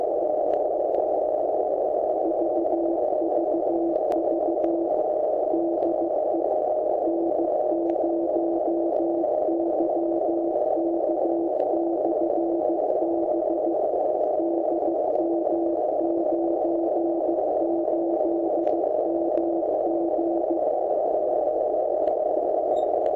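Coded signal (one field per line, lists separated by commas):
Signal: Morse code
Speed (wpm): 15 wpm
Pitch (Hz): 340 Hz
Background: none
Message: VVV DE N0YK/B DM98MG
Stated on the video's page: Beacon in DM98 heard 350 miles away in EM29 during enhanced propagation one morning.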